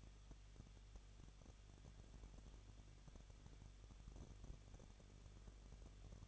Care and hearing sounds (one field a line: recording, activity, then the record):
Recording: daily activity, microphone in the room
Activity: no activity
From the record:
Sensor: 4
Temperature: 23.1 degrees Celsius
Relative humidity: 33.9%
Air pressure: 1007.2 hPa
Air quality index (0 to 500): 216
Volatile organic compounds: 15 ppm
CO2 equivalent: 2492 ppm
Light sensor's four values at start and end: 2/3/1/1 and 2/3/1/1